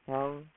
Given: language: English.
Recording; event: throat vibration sensor signal played as sound; speech